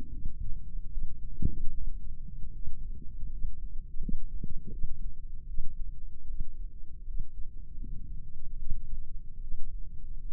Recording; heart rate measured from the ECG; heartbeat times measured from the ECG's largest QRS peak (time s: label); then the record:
heart sounds by microphone in the left ear; 77 bpm
0.09 s: heartbeat
0.89 s: heartbeat
1.71 s: heartbeat
2.52 s: heartbeat
3.28 s: heartbeat
3.98 s: heartbeat
4.69 s: heartbeat
5.45 s: heartbeat
6.25 s: heartbeat
7.03 s: heartbeat
7.76 s: heartbeat
8.56 s: heartbeat
9.39 s: heartbeat
10.24 s: heartbeat
From the record:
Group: healthy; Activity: rest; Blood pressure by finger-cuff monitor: 122/75 mmHg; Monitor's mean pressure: 93 mmHg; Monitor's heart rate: 74 bpm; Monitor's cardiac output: 6.5 L/min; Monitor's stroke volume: 84 mL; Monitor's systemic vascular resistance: 1060 dyn s/cm5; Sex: female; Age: 24 years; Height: 163 cm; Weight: 55.7 kg